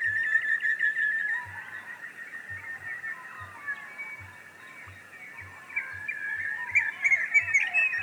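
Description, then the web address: Spiny-cheeked honeyeater calls, varied warbling and slurred whistled notes that grow louder and busier near the end, over soft regular low thumps. "andrewskeoch. Spiney Cheeked Honeyeaters"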